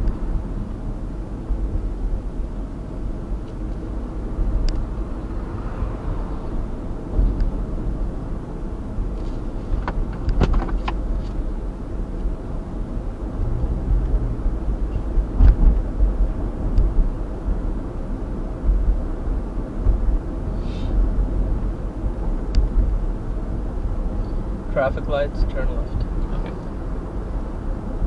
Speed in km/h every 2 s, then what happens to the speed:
36, 37, 39, 42, 43, 42, 42, 46, 47, 48, 48, 48, 49, 49.
0-15 speeds up to 47. 15-28 steady at about 48.